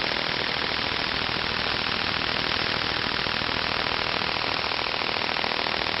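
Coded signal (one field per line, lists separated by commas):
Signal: radar signal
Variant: over-the-horizon radar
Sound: continuous harsh rapid buzzing rattle, like a fast jackhammer, steady for six seconds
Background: radio static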